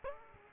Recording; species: mosquito wingbeat signal from an infrared sensor; Aedes aegypti